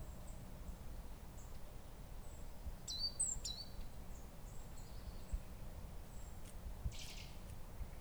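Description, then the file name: Great tit calls: two short, high, sharp notes about half a second apart, with thin faint high tones scattered around and a steady low rumble of background noise. "Parus major"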